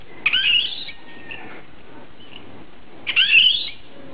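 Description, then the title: Oriental magpie-robin giving two short, bright warbled phrases about three seconds apart, with quiet between them. "Kicau Kacer"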